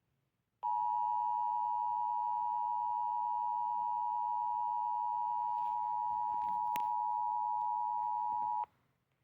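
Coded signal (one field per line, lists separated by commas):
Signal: Emergency Alert System (SAME) tones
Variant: 853 and 960 Hz attention tone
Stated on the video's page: Required weekly test heard on NOAA Weather Radio and FM.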